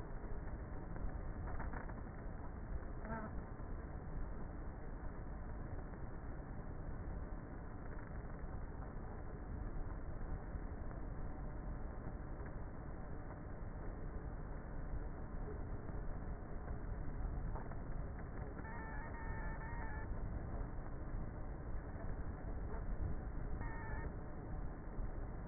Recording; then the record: honeybee colony, microphone inside the hive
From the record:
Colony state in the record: queenless with a low population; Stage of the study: before two queens were removed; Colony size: about 30,000 bees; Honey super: no